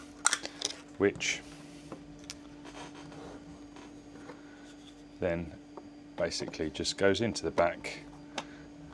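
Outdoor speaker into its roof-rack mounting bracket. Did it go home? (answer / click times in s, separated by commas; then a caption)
yes / 8.4 s. An outdoor speaker for a van is pushed into the back of its roof-rack mounting bracket while someone talks. Amid scattered short knocks and handling taps, it clicks into place with one sharp hit at 8.4 s, and the speaker is seated.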